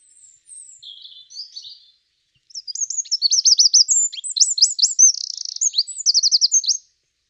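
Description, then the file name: Eurasian wren singing: a few thin faint notes first, then a vigorous high-pitched burst of tumbling notes and rattling trills for around four seconds. "Troglodytes troglodytes"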